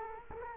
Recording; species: mosquito wingbeat signal from an infrared sensor; Culex quinquefasciatus